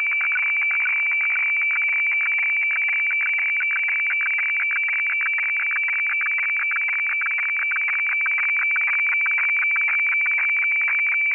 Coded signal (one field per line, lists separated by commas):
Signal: weather fax (radiofax)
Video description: Weather FAX transmission from Hamburg, Germany, received using Aispy HF+, Gqrx SDR v2.9 pre, and Fldigi 4.0.11 - The fun begins around 1:25